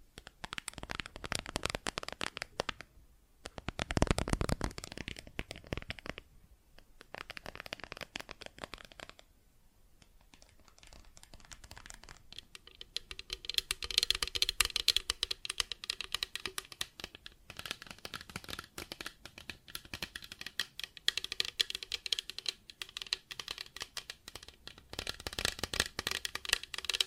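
Plastic objects are tapped and scratched in irregular bursts, with dense rattling crinkles, brief silent gaps near three and nine seconds.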